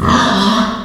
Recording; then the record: squeal of a Yucatan mini pig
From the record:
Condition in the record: after surgery on the right vocal fold (resection and tissue-engineered implant); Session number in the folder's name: 16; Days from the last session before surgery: 183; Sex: female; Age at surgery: 19 weeks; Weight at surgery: 25 kg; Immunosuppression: prednisolone